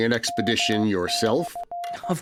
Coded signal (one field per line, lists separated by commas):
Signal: Morse code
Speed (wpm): 15 wpm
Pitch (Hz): 700 Hz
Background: speech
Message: M/